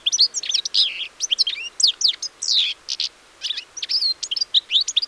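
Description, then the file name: European Goldfinch song, a fast liquid twitter of high chirps, slurred notes and a buzzy wheeze, delivered almost without pause. "Carduelis carduelis"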